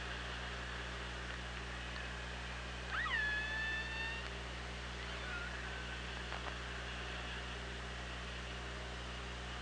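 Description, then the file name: Orca call: a single pulsed call sweeping up then holding a steady tone for about a second, with strong harmonics, followed later by a few sharp clicks over constant underwater hum. Recorded on the OrcaLab hydrophone, 24 August 2017, about 16:15. "Orca Lab UTLN JASON 20170824 161555"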